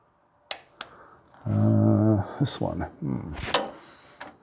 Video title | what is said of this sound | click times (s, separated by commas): "Oil Change on my '67 International Harvester 444 Diesel Tractor - Step-by-Step DIY" | You can hear the click of the torque wrench. | 0.5 s, 0.8 s